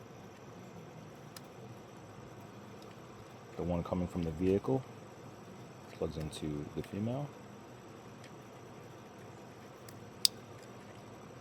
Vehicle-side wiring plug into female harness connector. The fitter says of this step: I want to hear that click.